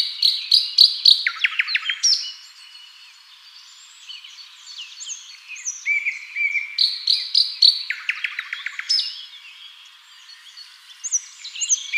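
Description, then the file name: Common nightingale song: two loud phrases of quick repeated notes and whistles, with quieter warbling between them. "Luscinia megarhynchos"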